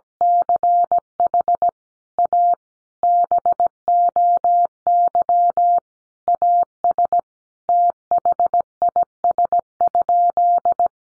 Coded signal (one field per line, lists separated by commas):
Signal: Morse code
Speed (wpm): 17 wpm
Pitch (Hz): 700 Hz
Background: none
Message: CH A BOY AS THIS?